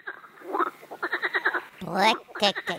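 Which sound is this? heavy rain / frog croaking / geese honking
frog croaking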